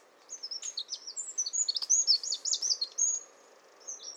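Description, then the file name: Eurasian wren song, a rapid, vigorous burst of high twittering notes and trills lasting about three seconds, followed by a brief pause and a few more notes. "Troglodytes troglodytes"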